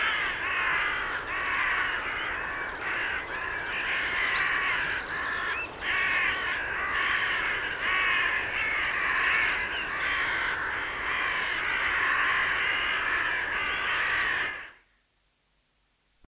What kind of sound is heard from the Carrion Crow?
call